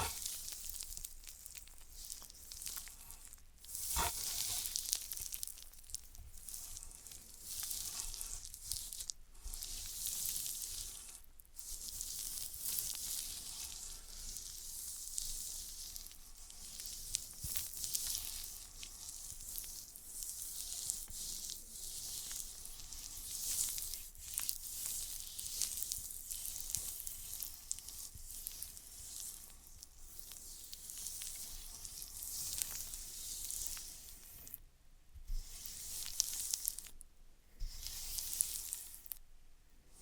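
Floral foam is cut and crushed with a steady, bright crackling hiss. The crunching runs almost without a break for the full forty seconds, swelling and easing in dense bursts, with short quiet gaps near 4, 11 and 35 seconds and a few sharp taps.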